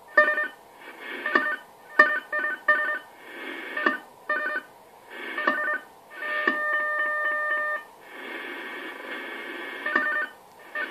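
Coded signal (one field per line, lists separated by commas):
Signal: unidentified radio signal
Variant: AMIS powerline communication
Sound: repeating bursts of buzzy multi-tone chords with short gaps and clicks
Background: radio static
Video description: AMIS Signal der Energie-AG Oberösterreich im Langwellenbereich stören unter anderem den DCF-77 Zeitzeichenempfang sehr stark!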